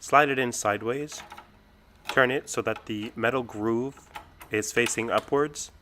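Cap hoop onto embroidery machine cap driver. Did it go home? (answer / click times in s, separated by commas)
no / none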